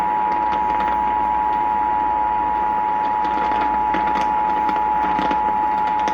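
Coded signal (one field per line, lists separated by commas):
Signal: Emergency Alert System (SAME) tones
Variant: 853 and 960 Hz attention tone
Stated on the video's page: Emergency Alert System alerts, part of a run of 22 catches in one day.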